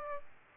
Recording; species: mosquito wingbeat signal from an infrared sensor; Aedes aegypti